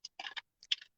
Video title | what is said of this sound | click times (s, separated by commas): Color Blocking on Stamps | and then it just pops right in | 0.7 s